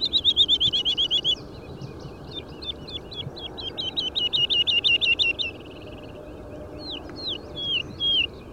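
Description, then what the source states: Woodlark delivers quick rippling trills of repeated falling notes, then a slower run, ending with a few drawn-out slurred whistles. Nominate subspecies Lullula arborea arborea.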